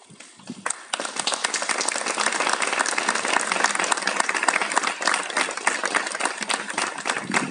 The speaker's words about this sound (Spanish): Y ahora sigue, y tienes fuerza, y continúas, y te quedan la alegría de los aplausos.